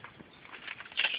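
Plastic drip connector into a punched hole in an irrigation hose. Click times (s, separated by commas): 1.0 s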